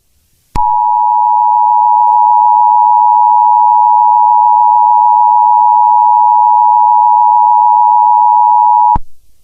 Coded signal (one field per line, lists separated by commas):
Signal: Emergency Alert System (SAME) tones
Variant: 853 and 960 Hz attention tone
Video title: EAS Mock: Myrtle Beach Tsunami